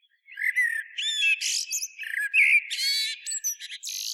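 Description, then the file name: Common blackbird singing a rich run of fluty whistled notes mixed with high, squeaky twittering phrases, delivered almost without pause. "Turdus merula"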